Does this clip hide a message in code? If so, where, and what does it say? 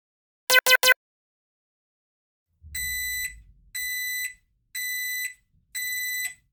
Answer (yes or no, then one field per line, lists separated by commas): no